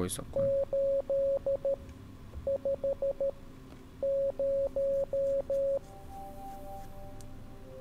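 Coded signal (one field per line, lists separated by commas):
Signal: Morse code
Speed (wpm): 13 wpm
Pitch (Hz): 550 Hz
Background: speech, music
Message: 8 5 0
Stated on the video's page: Morse code in the escape-room game Curious Cases.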